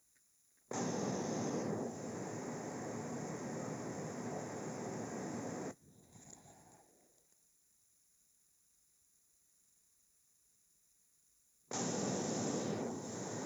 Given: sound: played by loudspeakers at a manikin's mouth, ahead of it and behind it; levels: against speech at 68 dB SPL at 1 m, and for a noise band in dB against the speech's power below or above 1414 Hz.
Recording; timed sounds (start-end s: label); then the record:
test signals for a remote microphone
0.71-5.71 s: speech-spectrum noise from the mouth, turned 45 degrees left
11.71-13.46 s: speech-spectrum noise from the mouth, facing ahead
From the record:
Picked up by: remote microphone A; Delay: 47 ms